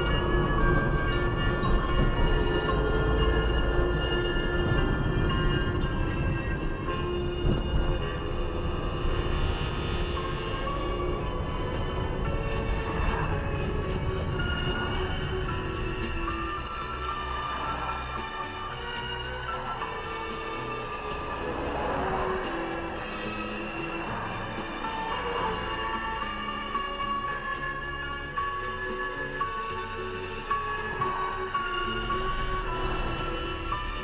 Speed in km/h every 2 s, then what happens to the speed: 44, 45, 44, 29, 28, 28, 27, 23, 8, 2, 0, 0, 0, 0, 0, 0, 0.
4-6 brakes to 29. 6-13 steady at about 28. 13-17 brakes to 2. 17-32 standing.